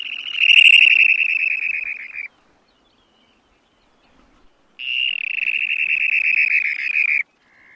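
Dunlin giving two buzzy reeling trills, each a little over two seconds, separated by a silent gap, each sagging slightly in pitch toward its end.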